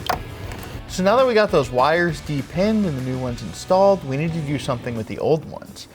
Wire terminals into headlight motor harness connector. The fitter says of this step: into here and make sure you hear both of those click